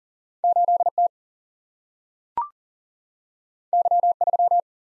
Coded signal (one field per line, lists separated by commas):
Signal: Morse code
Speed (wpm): 40 wpm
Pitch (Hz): 700 Hz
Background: none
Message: 8T Y3